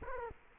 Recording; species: mosquito wingbeat signal from an infrared sensor; Culex quinquefasciatus